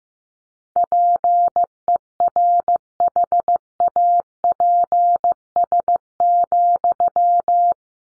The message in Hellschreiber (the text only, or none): none